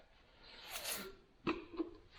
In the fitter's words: till it locks into place